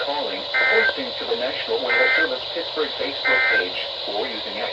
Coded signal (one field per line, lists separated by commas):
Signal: Emergency Alert System (SAME) tones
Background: speech